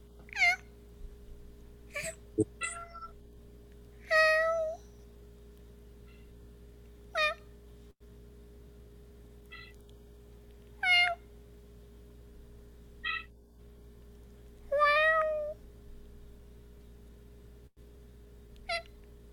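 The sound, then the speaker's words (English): The Pranfunkels' cat meows over and over, recorded live: roughly nine short, high, tonal cries spaced irregularly with pauses between, over a steady low hum. A couple of the meows are longer and louder. “That was me communicating with the Pranfunkel's cat.”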